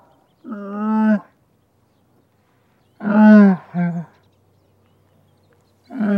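Camel grunting calls, low harmonic moans repeated every few seconds, one followed quickly by a second shorter groan, with silence between.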